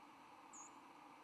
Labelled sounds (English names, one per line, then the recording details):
White-throated Sparrow flight call
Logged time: 07:49 on 10 November 2014